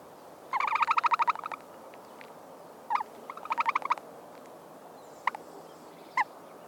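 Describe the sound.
Bird calls: rapid rattling trills of evenly spaced notes in two bursts, with a few single short chirps between and after, over faint background hiss.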